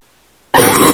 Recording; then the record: coughing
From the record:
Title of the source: 30 Chesty and wet cough